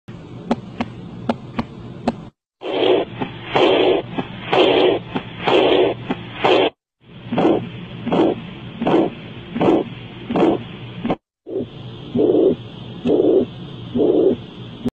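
An adult's heartbeat heard through a medical stethoscope.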